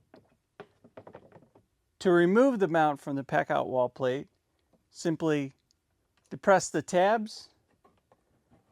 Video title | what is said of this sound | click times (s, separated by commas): Milwaukee 2737-20 D-Handle & 2737B-20 Barrel Handle M18 Fuel Jig Saw Packout & Wall Mount | You'll hear our signature click. Tells you that it's locked into place. | 0.6 s